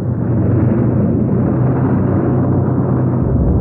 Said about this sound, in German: Kaum sind Ice und Sun mit ihrer Sonde dem Wrack entkommen, erfolgt eine ungeheure Explosion.